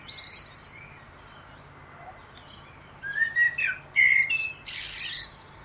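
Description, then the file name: Common blackbird giving a short fluted phrase, then high squeaky notes, after a brief hissing sound at the start. "Turdus merula"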